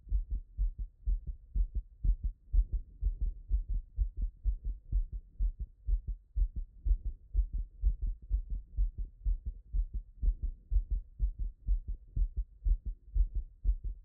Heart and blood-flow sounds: heart sounds by stethoscope; Erb's point; 123 bpm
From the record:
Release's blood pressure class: hypertension stage 1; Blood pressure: 135/81 mmHg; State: after exercise

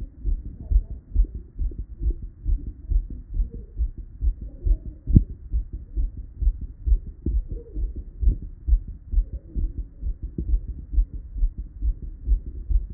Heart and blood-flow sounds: heart sounds by stethoscope; Erb's point; 136 bpm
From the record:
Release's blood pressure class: hypertension stage 2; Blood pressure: 148/105 mmHg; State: at rest

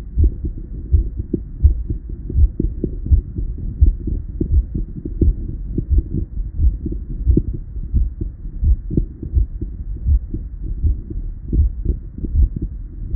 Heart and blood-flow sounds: heart sounds by stethoscope; Erb's point; 83 bpm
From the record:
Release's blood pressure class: hypertension stage 2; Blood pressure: 140/90 mmHg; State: at rest

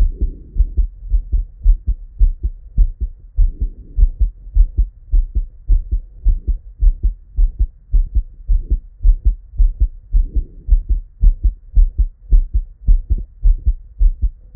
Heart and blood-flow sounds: heart sounds by stethoscope; Erb's point; 105 bpm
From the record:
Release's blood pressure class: normal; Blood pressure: 112/66 mmHg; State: at rest

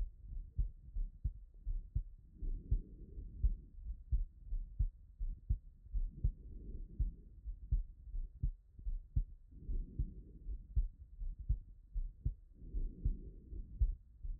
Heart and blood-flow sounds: heart sounds by stethoscope; Erb's point; 79 bpm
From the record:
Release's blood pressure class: elevated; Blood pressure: 127/72 mmHg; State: after exercise

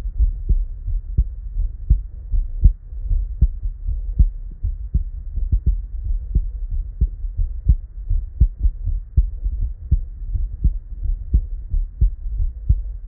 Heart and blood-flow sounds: heart sounds by stethoscope; Erb's point; 83 bpm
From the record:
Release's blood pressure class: normal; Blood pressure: 111/66 mmHg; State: at rest

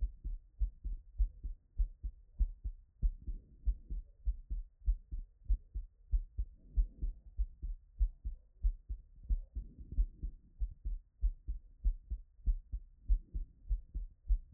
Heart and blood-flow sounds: heart sounds by stethoscope; Erb's point; 97 bpm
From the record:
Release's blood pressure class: hypertension stage 1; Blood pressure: 132/61 mmHg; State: after exercise

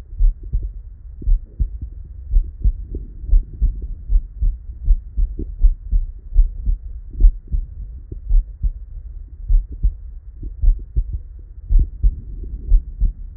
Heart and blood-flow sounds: heart sounds by stethoscope; Erb's point; 58 bpm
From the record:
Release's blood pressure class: hypertension stage 1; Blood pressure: 129/85 mmHg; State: at rest

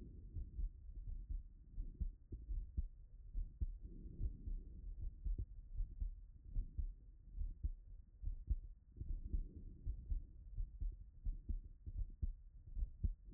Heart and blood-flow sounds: heart sounds by stethoscope; Erb's point; 73 bpm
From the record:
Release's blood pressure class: hypertension stage 2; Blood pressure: 160/77 mmHg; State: after exercise

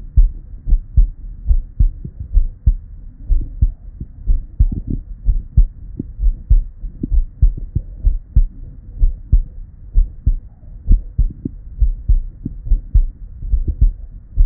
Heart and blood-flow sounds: heart sounds by stethoscope; Erb's point; 64 bpm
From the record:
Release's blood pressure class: hypertension stage 1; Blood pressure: 119/80 mmHg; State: at rest

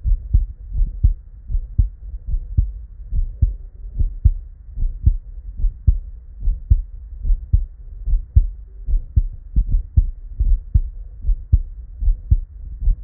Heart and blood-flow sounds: heart sounds by stethoscope; Erb's point; 76 bpm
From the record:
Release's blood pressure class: normal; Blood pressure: 107/65 mmHg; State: at rest

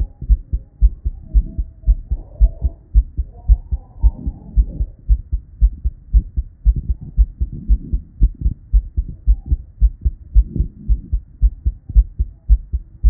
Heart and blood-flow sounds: heart sounds by stethoscope; Erb's point; 113 bpm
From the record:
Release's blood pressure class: hypertension stage 1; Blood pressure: 122/84 mmHg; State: at rest

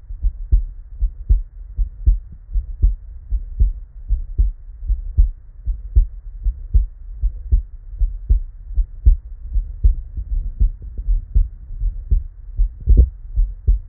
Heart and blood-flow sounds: heart sounds by stethoscope; Erb's point; 78 bpm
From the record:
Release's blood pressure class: normal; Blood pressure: 99/65 mmHg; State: at rest

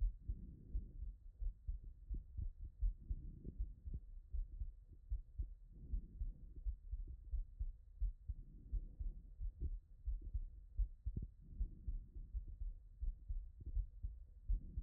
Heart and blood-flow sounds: heart sounds by stethoscope; Erb's point; 81 bpm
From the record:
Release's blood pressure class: hypertension stage 1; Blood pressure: 132/70 mmHg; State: after exercise

